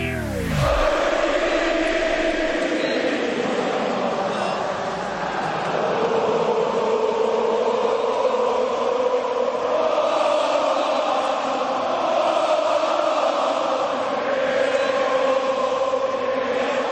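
A huge crowd of football supporters singing an anthem together, a sustained, steady wall of massed voices at a constant loud level with no individual speech standing out.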